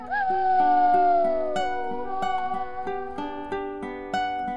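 A long, wavering howl glides slowly downward for about a second and a half, then gives way to music with steady, evenly spaced plucked notes over a low bass.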